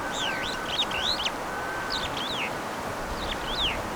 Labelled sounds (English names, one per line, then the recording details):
Superb Starling flight call
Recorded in Kenya